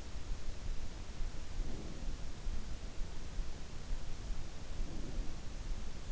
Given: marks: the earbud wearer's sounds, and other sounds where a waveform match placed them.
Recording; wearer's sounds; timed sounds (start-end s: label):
sounds in sleep by an in-ear microphone; breath
1.49-2.28 s: breath
4.55-5.48 s: breath